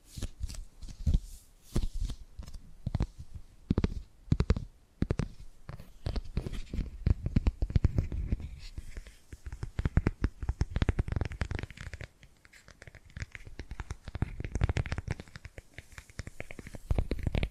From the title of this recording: Tapping and Gripping Sounds